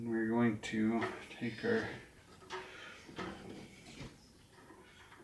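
Someone talks while plastic tubing is picked up and lined up with a push-in fitting on the hydraulic unloader line of a Quincy 325 air compressor, ready to be pushed in. After the talking, only faint handling rustles are heard. Nothing has seated or clicked yet.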